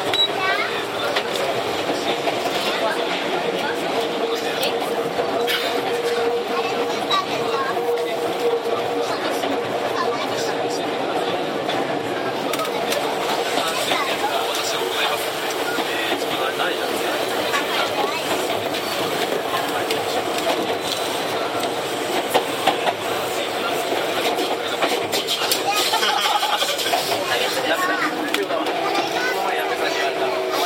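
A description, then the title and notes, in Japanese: Inside a Tokyu 7700 series train running from Kamata toward Gotanda, a steady rumble and hum continue for the whole half minute at an even level. A pair of sustained tones holds underneath, and voices murmur throughout, with small clicks and rattles from the carriage. 東急7700系 蒲田→五反田。東急7700系（7001F）蒲田→五反田。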